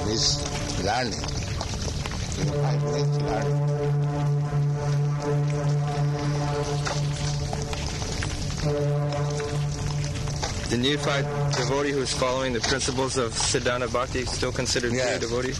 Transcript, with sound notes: He's learning. Neophyte means learning. [loud foghorn blowing in background]
The neophyte devotee who's following the principles of sādhana-bhakti is still considered pure devotee?